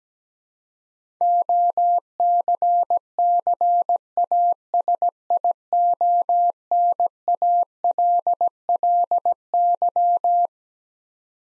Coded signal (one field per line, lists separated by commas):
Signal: Morse code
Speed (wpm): 17 wpm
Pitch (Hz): 700 Hz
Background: none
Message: OCCASIONALLY